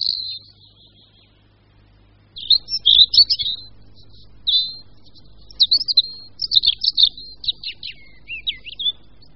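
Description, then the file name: European robin singing: thin, high warbling phrases with trills and slurred notes, a short burst, a pause, then a longer tumbling run of varied twittering. "Červenka obecná"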